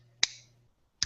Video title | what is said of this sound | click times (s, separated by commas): Anderson Pens Podcast 110 | oh nice it's got a nice little click to it yeah nice | 0.2 s, 1.0 s